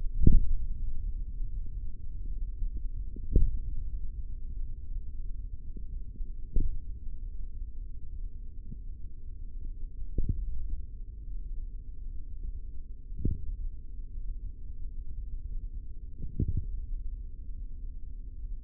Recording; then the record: forearm muscle sounds (acoustic myography)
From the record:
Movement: hand opening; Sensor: system 3, bracelet of six PUI Audio POM-2738L microphones around the upper forearm, with dedicated amplification and filtering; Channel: 4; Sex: male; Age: 25 years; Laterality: right